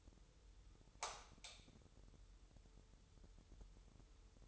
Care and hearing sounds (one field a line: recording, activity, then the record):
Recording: daily activity, microphone in the room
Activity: light on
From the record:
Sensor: 3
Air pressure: 988.4 hPa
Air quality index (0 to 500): 192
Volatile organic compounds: 278 ppm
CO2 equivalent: 4432 ppm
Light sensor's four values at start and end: 8/19/8/8 and 10/28/11/11